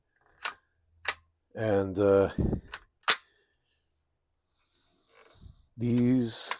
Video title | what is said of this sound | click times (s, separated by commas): New Haven Model 250CA | and it clicks into place | 0.4 s